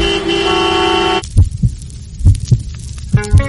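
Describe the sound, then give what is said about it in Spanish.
In a traffic jam, a steady, buzzing car horn blares for about a second, then cuts off, followed by low, thudding double pulses like a heartbeat repeating three times. “Si lo que tienes delante es la matrícula de otro coche, es porque estás en el atasco.”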